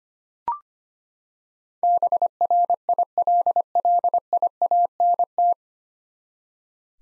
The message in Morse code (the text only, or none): BRILLIANT